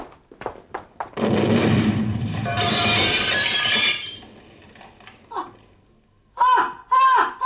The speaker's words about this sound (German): Kreischen erschreckte mich mehr als die Bombe.